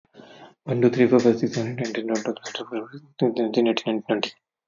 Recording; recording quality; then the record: counting at a fast pace; excellent, no background noise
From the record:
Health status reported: healthy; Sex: male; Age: 39 years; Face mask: worn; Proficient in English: yes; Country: India